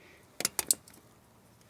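An oxygen (lambda) sensor Bank 1 Sensor 1 wiring connector on a 2003 Honda Civic is pushed into the car's harness connector under the hood. Sharp clicks are heard, with the seating clicks at 0.6 s and 0.7 s, confirming the connector is properly seated, since no click would mean it is not properly connected.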